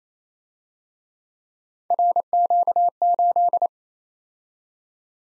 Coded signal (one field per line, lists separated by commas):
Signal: Morse code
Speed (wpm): 32 wpm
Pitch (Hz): 700 Hz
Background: none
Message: RQ8